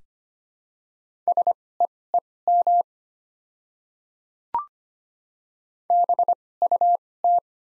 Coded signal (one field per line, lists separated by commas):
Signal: Morse code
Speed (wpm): 25 wpm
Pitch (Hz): 700 Hz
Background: none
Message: SEEM BUT